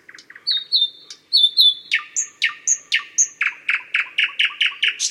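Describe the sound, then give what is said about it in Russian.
A common nightingale sings a varied phrase: soft quiet notes, then high whistled tones, building into a loud, rapid series of repeated sharp chirps in a steady rhythm, with no talking. “Это все обыкновенный соловей.”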